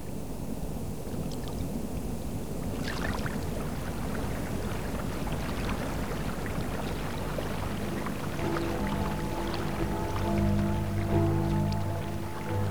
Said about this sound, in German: Goldgelben Wellen, du schöner Elbstrom, dicht vor mir.